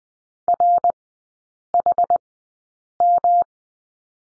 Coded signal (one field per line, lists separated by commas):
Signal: Morse code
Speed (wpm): 20 wpm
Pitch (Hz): 700 Hz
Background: none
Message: RHM